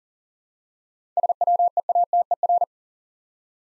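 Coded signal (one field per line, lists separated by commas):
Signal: Morse code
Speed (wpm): 42 wpm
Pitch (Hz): 700 Hz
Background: none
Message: SWEATER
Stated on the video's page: Contextual-priming practice set of difficult words with hints, sent at 40 wpm.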